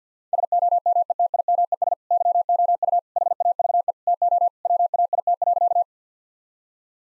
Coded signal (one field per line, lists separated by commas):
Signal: Morse code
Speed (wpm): 45 wpm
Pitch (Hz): 700 Hz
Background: none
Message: SOMETIMES YOU HAVE TO WAIT.